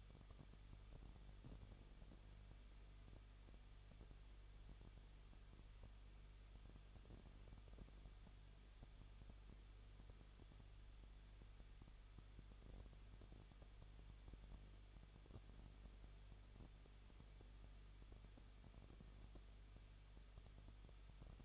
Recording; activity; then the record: daily activity, microphone in the room; no activity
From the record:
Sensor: 4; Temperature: 23.0 degrees Celsius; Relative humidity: 34.2%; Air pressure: 1007.3 hPa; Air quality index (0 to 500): 214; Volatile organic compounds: 14 ppm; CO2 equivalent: 2460 ppm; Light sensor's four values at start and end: 2/3/1/1 and 2/3/1/1